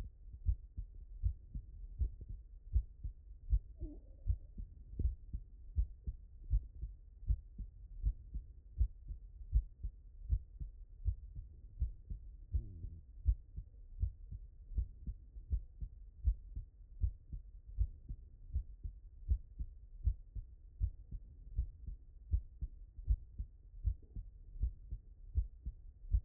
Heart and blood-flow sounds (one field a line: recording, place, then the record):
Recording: heart sounds by stethoscope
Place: tricuspid valve (TV)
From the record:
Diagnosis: non-HFrEF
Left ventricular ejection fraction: 67%